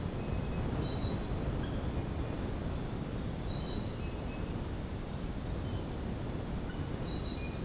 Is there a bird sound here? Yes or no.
no